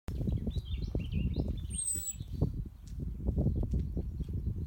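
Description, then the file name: Common blackbird with a single thin high descending whistle amid soft chirps from small birds and continuous low rumbling background noise. "Turdus merula"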